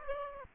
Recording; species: mosquito wingbeat signal from an infrared sensor; Aedes aegypti